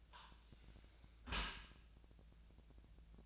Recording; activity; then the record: daily activity, microphone in the room; close dishwasher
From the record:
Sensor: 2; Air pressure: 1000.4 hPa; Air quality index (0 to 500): 165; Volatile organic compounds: 3 ppm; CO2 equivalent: 1366 ppm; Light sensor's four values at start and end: 11/31/12/14 and 11/31/12/14